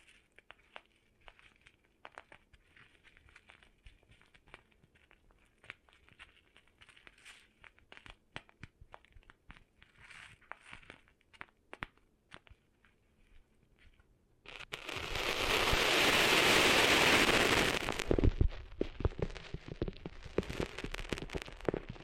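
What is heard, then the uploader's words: Ear-cleaning ASMR sounds: for the first fifteen seconds, soft, scattered crackles and gritty scratches tick along sparsely and unevenly. Around fifteen seconds a loud, dense rush of rough hissing friction takes over for a few seconds, then fades into busier scraping and crunching to the end. ASMR Cleaning Sand Out of Your Ears (No Talking).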